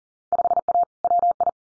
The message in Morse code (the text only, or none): 5A WI